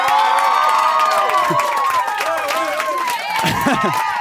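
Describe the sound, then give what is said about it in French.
Students of the cégep Bois de Boulogne, the studio audience of a Radio-Canada show, applaud and cheer loudly, steady clapping mixed with high, overlapping shouts and whoops that rise and fall throughout. “Là, ils vont peut-être moins applaudir quand on va écouter ce qu'ils vont les leur étudiants dire.”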